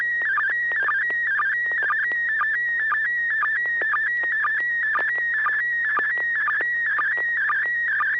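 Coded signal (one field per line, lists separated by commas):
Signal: SSTV (slow-scan television)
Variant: PD120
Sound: continuous warbling tone around 1.9 kHz, with short low chirps about twice a second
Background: low hum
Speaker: Thank you. Yeah, this is going to be PD 120, N6HA.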